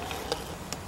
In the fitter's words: in like that I'll just pop into place do it by hand don't press it any harder than that